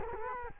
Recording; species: mosquito wingbeat signal from an infrared sensor; Culex quinquefasciatus